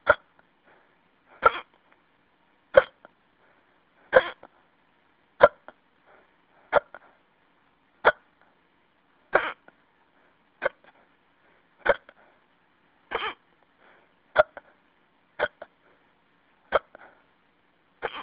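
About 15 sharp hiccups from an adult, steady at roughly 46 per minute, over a thin phone-line hiss; persistent hiccups.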